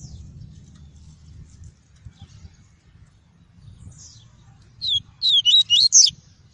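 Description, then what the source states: Double-collared seedeater song: a short burst of rapid, sweeping high whistled notes near the end, after quiet low rumble. "Tui-tui" song variety.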